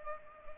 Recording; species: mosquito wingbeat signal from an infrared sensor; Culex pipiens